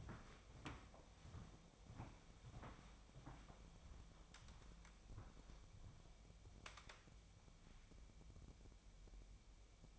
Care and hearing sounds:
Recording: daily activity, microphone in the room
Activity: walk to room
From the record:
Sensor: 1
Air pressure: 1000.0 hPa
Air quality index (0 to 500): 131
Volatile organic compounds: 2 ppm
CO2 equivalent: 1244 ppm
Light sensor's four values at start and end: 36/92/38/48 and 36/91/38/47

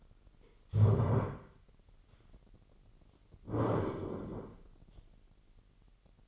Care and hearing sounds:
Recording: daily activity, microphone in the room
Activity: stand up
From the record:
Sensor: 4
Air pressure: 999.2 hPa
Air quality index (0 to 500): 112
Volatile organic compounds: 2 ppm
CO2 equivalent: 1111 ppm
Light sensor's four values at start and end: 12/28/11/12 and 12/28/11/12

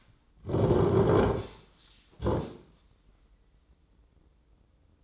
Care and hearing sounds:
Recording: daily activity, microphone in the room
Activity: sit down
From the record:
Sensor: 3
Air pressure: 995.9 hPa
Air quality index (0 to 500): 247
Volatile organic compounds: 1000 ppm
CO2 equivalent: 6326 ppm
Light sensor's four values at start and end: 38/92/40/43 and 39/95/41/45

